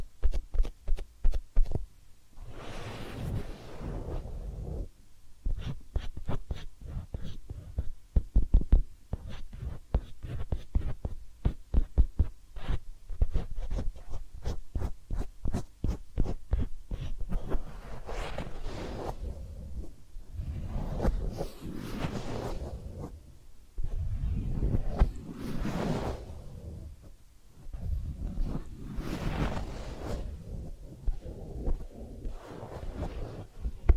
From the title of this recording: Massage, Ear Cleaning and Spa